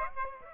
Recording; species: mosquito wingbeat signal from an infrared sensor; Aedes aegypti